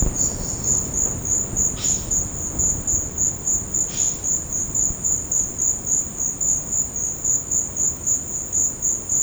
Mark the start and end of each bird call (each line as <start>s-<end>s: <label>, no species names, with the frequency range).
0.15s-0.95s: bird call (3.9-6.0 kHz)
1.65s-2.27s: bird call (1.6-6.2 kHz)
3.90s-4.22s: bird call (1.5-5.9 kHz)